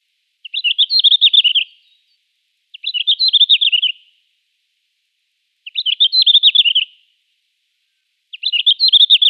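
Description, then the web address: Red-flanked bluetail song: short, high warbled phrases of quick tinkling notes, repeated roughly every two to three seconds, with silence between them. "Schulze Peter Red-flanked Bluetail song"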